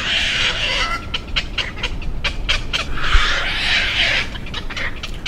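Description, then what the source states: Night heron snorting: harsh, hoarse rasping squawks mixed with sharp clicking bursts from several birds at once, over a constant low rumble. Young herons snorting late at night in waterfront park trees, Baltimore; a terrifying sound likened to demonic pigs, thought to be babies bullying other herons away from fish entrails and other food.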